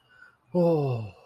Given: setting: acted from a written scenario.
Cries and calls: vocal sound without words; relief

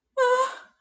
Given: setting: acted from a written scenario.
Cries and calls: vocal sound without words; awe

